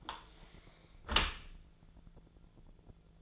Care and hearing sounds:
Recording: daily activity, microphone in the room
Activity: close dishwasher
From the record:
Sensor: 5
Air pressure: 1000.5 hPa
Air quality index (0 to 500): 151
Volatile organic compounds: 2 ppm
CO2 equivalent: 1163 ppm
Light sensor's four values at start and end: 43/97/41/45 and 42/96/41/45

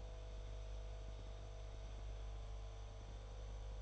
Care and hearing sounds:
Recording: daily activity, microphone in the room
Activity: make coffee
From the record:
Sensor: 5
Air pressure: 994.6 hPa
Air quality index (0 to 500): 179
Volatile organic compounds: 948 ppm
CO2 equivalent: 5242 ppm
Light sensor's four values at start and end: 46/139/55/60 and 45/138/54/60

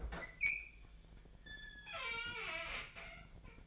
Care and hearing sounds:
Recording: daily activity, microphone in the room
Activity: open fridge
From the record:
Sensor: 5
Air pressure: 1009.8 hPa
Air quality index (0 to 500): 162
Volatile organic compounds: 4 ppm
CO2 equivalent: 1584 ppm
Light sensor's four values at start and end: 113/292/121/130 and 116/296/124/132

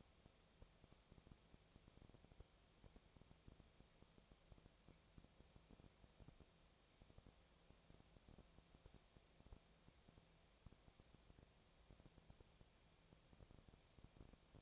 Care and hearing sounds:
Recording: daily activity, microphone in the room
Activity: no activity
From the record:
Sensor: 1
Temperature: 19.6 degrees Celsius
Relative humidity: 36.5%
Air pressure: 997.0 hPa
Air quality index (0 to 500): 204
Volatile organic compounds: 129 ppm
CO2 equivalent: 3924 ppm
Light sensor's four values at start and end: 1/2/1/1 and 1/2/1/1

